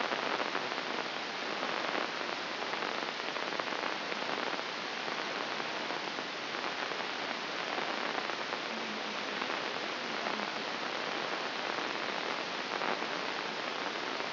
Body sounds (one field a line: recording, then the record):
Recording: brain microelectrode recording played as sound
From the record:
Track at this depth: inside the subthalamic nucleus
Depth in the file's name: 2.234 mm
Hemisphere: left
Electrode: 2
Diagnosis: Parkinson's disease